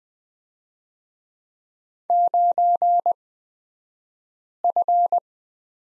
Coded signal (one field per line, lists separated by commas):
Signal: Morse code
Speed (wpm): 20 wpm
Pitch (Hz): 700 Hz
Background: none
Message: 9F